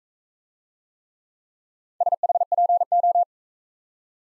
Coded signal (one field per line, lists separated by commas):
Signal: Morse code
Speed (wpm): 40 wpm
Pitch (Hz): 700 Hz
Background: none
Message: SHPO